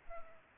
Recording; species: mosquito wingbeat signal from an infrared sensor; Culex pipiens